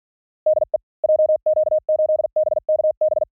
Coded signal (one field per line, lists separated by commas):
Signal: Morse code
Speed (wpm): 46 wpm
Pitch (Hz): 620 Hz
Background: none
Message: DE JQ8BKB